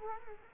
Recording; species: mosquito wingbeat signal from an infrared sensor; Culex quinquefasciatus